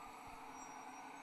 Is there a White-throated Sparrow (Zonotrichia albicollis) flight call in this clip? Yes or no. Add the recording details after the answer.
no. No flight call is heard. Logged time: 21:49 on 11 December 2014